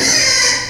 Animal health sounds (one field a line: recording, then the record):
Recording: squeal of a Yucatan mini pig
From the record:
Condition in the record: before surgery on the right vocal fold (resection and tissue-engineered implant)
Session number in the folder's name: 2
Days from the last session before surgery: 0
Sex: male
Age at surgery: 12 weeks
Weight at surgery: 13 kg